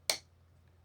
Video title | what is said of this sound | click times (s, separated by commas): Lian Li LANCOOL 217 Infinity White Gaming PC - Step-by-Step Guide on How To Build | And that locks into place. | 0.1 s